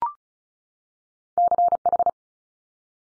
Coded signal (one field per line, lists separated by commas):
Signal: Morse code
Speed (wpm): 36 wpm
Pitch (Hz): 700 Hz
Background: none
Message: CH